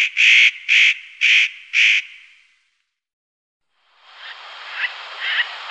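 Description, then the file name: Spotted nutcracker uttering four rough, rasping calls in quick succession, followed by silence and then a hissing background. "Notkraka"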